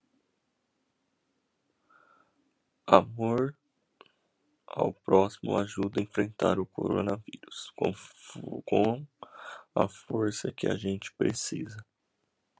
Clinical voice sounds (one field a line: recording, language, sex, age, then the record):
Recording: spoken sentence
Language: Brazilian Portuguese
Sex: male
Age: 20 to 29 years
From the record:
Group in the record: control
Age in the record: 26 years